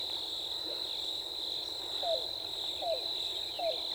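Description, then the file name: Yellow-billed cuckoo utters three evenly spaced, low down-slurred notes against a persistent shrill insect chorus. On 14 April 2018. "2018-04-14 YBCU"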